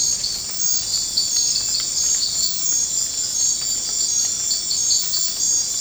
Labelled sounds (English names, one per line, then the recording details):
none
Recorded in dense forest near Puerto Asís, Putumayo, Colombia, on 13 March 2025 at 23:30
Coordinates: 0.500, -76.322
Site GP06